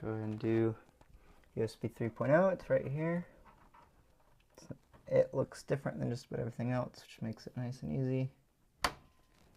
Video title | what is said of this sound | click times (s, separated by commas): RVZ02 Front IO and motherboard cable routing | and make a satisfying click | 8.8 s